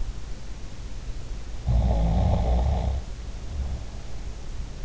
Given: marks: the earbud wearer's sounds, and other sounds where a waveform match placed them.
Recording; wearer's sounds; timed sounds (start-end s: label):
sounds in sleep by an in-ear microphone; snoring breath
1.68-4.14 s: snoring breath